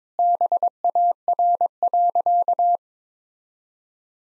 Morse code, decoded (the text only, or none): BAR.